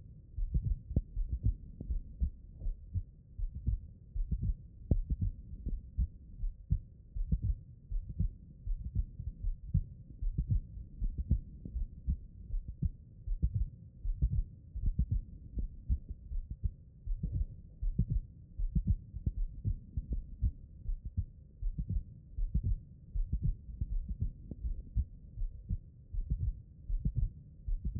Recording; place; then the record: heart sounds by stethoscope; pulmonary valve (PV)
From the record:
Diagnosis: non-HFrEF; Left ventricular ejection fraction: 56%